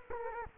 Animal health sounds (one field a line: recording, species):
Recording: mosquito wingbeat signal from an infrared sensor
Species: Culex quinquefasciatus